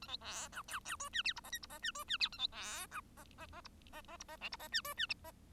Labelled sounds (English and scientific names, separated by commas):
Bengalese Finch (Lonchura striata domestica) song